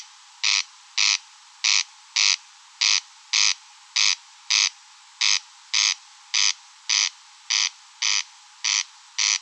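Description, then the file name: Corn crake repeating its grating double rasp in a tireless, even rhythm, the two buzzy notes of each call closely spaced. In meadows. "Engsnarre Roenbjerg Enge"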